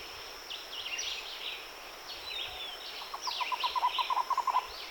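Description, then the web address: Cuban trogon giving a short series of quick, repeated low notes near the end, over busy chirping and whistling from other birds. "Cuban trogon. صدای-پرنده-لانه-کن-کوبایی"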